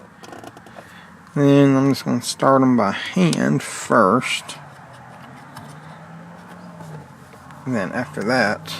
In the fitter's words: slots that it slides up in and push it to you hear click